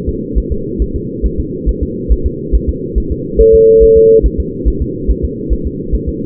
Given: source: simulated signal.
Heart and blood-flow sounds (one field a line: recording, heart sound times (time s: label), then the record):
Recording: fetal heart sounds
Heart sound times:
0.09 s: S2
0.38 s: S1
0.52 s: S2
0.82 s: S1
0.96 s: S2
1.26 s: S1
1.40 s: S2
1.69 s: S1
1.83 s: S2
2.12 s: S1
2.26 s: S2
2.55 s: S1
2.69 s: S2
2.98 s: S1
3.12 s: S2
3.41 s: S1
3.55 s: S2
3.83 s: S1
3.97 s: S2
4.26 s: S1
4.40 s: S2
4.68 s: S1
4.82 s: S2
5.10 s: S1
5.25 s: S2
5.53 s: S1
5.67 s: S2
5.95 s: S1
6.09 s: S2
From the record:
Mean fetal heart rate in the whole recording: 140 bpm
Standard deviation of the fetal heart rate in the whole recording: 2 bpm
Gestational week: 34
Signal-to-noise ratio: -6.6 dB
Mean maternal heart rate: 72 bpm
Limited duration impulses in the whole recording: present